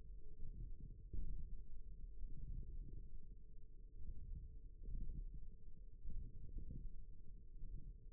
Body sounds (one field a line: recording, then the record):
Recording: forearm muscle sounds (acoustic myography)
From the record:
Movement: radial deviation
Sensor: system 1, eight BSWA MPA416 microphones around the upper forearm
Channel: 2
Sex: male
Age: 54 years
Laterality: right